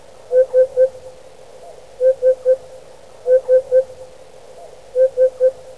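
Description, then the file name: Eurasian hoopoe calling a soft low hollow 'oop-oop-oop', three notes per phrase, repeated four times about every one and a half seconds. "Upupa epops"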